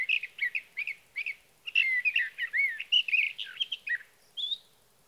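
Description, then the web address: Sage thrasher song already underway, a hurried mix of chirpy and whistled phrases, closing with a separate whistled note. "birdsongforthecurious Sage Thrasher"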